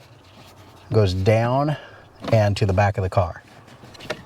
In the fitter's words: so it should just snap right in where the old one came out okay